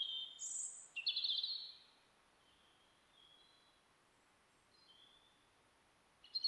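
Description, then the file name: European robin song: a couple of high, sweet warbled phrases at the start, then faint quiet notes and a fresh phrase at the end. "Erithacus rubecula"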